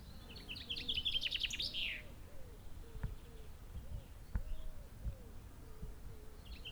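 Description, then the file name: Common chaffinch song: one quick descending phrase of trilled notes ending in a sweeping flourish, with soft low repeated notes throughout and a steady low rumble. "Fringilla coelebs"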